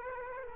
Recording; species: mosquito wingbeat signal from an infrared sensor; Culex quinquefasciatus